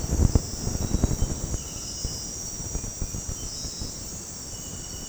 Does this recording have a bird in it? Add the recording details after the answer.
no. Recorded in dense forest near Puerto Asís, Putumayo, Colombia, on 20 February 2024 at 01:30. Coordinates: 0.486, -76.316. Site G6437